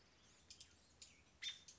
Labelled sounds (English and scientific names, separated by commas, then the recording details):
American Robin (Turdus migratorius)
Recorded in Sonoma County, California